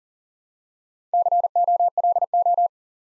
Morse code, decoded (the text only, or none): COLO